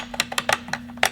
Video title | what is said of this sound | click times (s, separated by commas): Smith & Wesson Model 1000 Disassembly and Troubleshoot | So I usually take it all the way down till it stops and bring it back. Just one click. | 0.2 s, 0.3 s, 0.4 s, 0.5 s, 0.7 s, 1.0 s